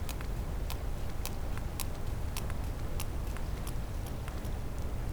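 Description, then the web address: Sperm whale clicking, sharp clicks at irregular intervals over steady low-pitched water noise. "Physeter Macrocephalus clean cachalot positif"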